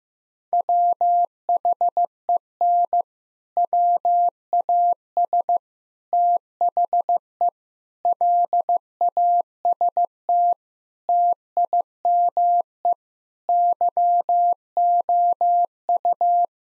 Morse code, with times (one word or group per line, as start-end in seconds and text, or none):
0.5-3.0 WHEN
3.6-5.6 WAS
6.1-7.5 THE
8.1-10.5 LAST
11.1-12.9 TIME
13.5-16.4 YOU